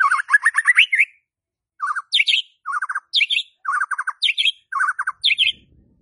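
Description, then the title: White-rumped shama song: bursts of rapid trilled notes around mid pitch, alternating with higher slurred phrases, repeated with brief pauses. Lure to provoke a stressed, jammed White-rumped shama that is not singing. "PANCINGAN Murai Batu STRES & MACET"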